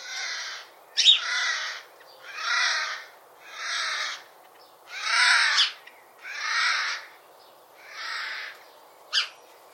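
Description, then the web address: Eurasian magpie uttering rough, chattering rasps, about seven harsh bursts with a couple of sharper high notes mixed in. "cianscape birddata Deverinetal"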